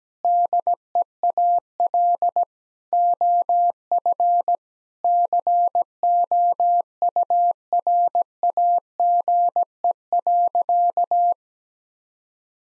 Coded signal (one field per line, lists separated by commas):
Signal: Morse code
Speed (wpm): 17 wpm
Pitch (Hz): 700 Hz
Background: none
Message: DEAL OF COURAGE.